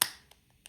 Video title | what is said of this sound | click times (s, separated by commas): MKS FD-7 Folding Platform Pedals - Purchase Link Below | FD-7 wide, I think they both work, locks in place | 0.0 s